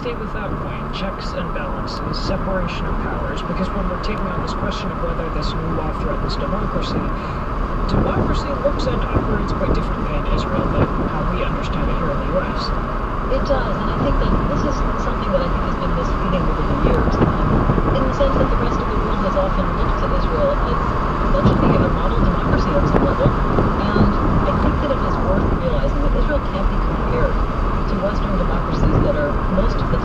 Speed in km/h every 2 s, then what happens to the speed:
60, 64, 68, 69, 71, 71, 72, 76, 81, 82, 82, 82, 84, 84, 82.
0-16 speeds up to 81. 16-30 steady at about 82.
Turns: none.